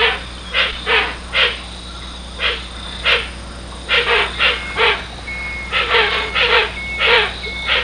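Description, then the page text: Hoatzin calls, a series of rasping, hissing croaks in uneven clusters, with a thin steady tone partway through and a constant low hum. "Гоацин - Hoatzin (Opisthocomus hoazin)"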